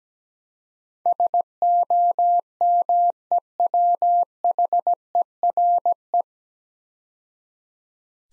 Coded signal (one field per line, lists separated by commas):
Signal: Morse code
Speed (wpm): 17 wpm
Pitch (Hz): 700 Hz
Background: none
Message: SOMEWHERE